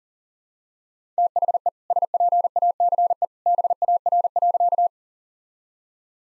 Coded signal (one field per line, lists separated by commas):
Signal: Morse code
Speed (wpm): 40 wpm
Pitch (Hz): 700 Hz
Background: none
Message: THE SPACE BAR.